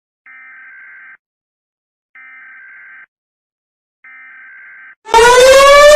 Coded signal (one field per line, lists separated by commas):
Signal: Emergency Alert System (SAME) tones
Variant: header bursts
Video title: Mr incredible becoming uncanny: you hear this eas alarm pt.4